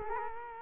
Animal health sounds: mosquito wingbeat signal from an infrared sensor; Culex quinquefasciatus

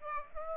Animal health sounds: mosquito wingbeat signal from an infrared sensor; Aedes aegypti

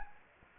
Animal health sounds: mosquito wingbeat signal from an infrared sensor; Anopheles arabiensis

